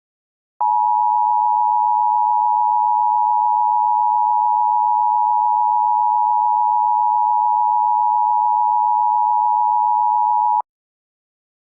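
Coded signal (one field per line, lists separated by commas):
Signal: Emergency Alert System (SAME) tones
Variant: 853 and 960 Hz attention tone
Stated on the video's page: Fictional EAS scenario, a simulated alert.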